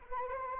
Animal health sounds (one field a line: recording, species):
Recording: mosquito wingbeat signal from an infrared sensor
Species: Anopheles arabiensis